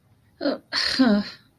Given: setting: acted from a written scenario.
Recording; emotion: vocal sound without words; confusion